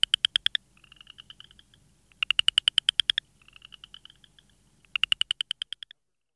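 Southern chorus frog calling: loud, rapid rattling trills of many clicks, repeated every two to three seconds, with a fainter trill in the gaps.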